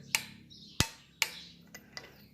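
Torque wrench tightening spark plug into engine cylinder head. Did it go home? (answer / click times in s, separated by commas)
yes / 1.2 s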